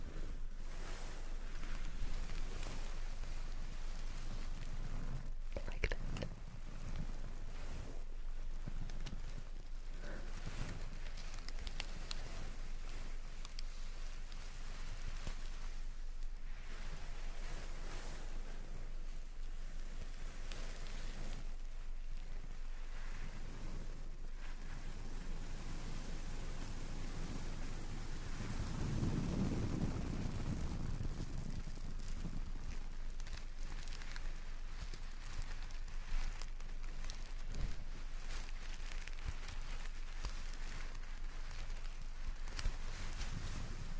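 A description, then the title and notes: Headphone tapping and massage rollers make a dense, steady rush of rubbing and rolling noise, peppered with quick taps and clicks throughout. Around the 28-to-31-second mark a deeper, rumbling swell rises beneath the texture before it settles back to its even pace. Headphone Tapping & Massage Rollers.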